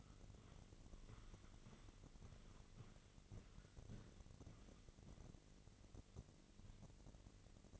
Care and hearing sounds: daily activity, microphone in the room; walk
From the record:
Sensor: 4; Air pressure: 1002.4 hPa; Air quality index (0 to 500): 216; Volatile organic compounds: 12 ppm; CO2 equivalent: 2337 ppm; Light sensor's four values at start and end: 20/71/26/26 and 20/71/26/26

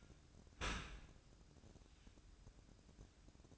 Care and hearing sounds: daily activity, microphone in the room; open dishwasher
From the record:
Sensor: 2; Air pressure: 1012.1 hPa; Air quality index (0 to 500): 147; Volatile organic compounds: 2 ppm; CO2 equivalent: 1077 ppm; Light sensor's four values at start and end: 402/997/406/411 and 402/996/405/411

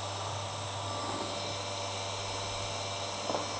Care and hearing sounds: daily activity, microphone in the room; vacuum cleaning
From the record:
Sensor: 3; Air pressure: 1007.7 hPa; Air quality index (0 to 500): 49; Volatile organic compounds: 1 ppm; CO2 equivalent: 576 ppm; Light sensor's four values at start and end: 10/23/9/9 and 10/22/9/9

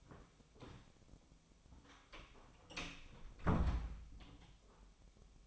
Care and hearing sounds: daily activity, microphone in the room; close door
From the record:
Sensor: 1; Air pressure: 1007.2 hPa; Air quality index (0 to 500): 200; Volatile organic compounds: 20 ppm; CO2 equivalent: 2704 ppm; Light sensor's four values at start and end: 13/33/13/14 and 12/32/13/14

